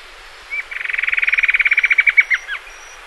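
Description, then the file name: Bird trill: a steady run of many quick, even notes near one pitch, lasting about two seconds, ending in a couple of slurred notes. "SABIOD 50 bird 2015"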